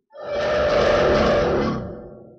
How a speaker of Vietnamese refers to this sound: Cùng lúc đó có bốn tiếng gầm khác truyền tới, trên Long Sơn màu xanh lại xuất hiện bốn cái ngọc quan thượng cổ, xem ra là bốn tên đệ tử ký danh của địa tiên.